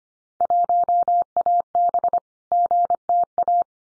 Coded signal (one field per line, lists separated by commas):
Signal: Morse code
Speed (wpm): 25 wpm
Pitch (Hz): 700 Hz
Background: none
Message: 1AB GTA